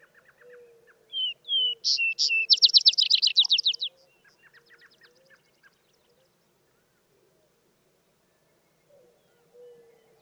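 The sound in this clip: Vesper sparrow song: two slurred whistles, a few higher notes, then a fast trill, followed by fainter song fragments, with soft low tones underneath.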